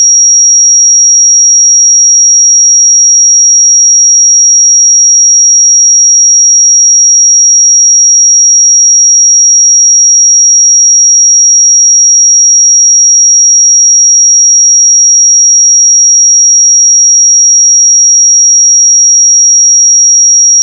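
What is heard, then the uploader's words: A single steady pure sine tone at 5663 Hz holds unchanged for the full twenty-one seconds, thin and piercingly high, with nothing else around it. 5663 Hz 1 Hz Interval Sine Pure Tone Frequency 441000 Sample Mono.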